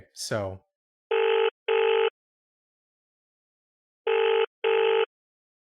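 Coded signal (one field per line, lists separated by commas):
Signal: none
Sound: phone call sound effect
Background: speech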